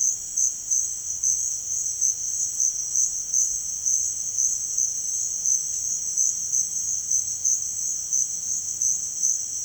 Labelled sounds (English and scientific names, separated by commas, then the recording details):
none
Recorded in dense forest near Puerto Asís, Putumayo, Colombia, on 4 March 2025 at 17:00
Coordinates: 0.481, -76.323
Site G088